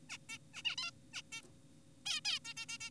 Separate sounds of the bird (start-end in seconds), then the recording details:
0.10-0.17, 0.29-0.38, 0.54-0.62, 0.65-0.76, 0.78-0.91, 1.14-1.22, 1.32-1.42, 2.06-2.21, 2.25-2.40, 2.45-2.54, 2.57-2.66, 2.69-2.78, 2.81-2.90. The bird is an adult. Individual g4p5U